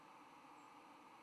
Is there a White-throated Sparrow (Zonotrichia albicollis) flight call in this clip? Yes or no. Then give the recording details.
yes. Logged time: 08:38 on 10 November 2014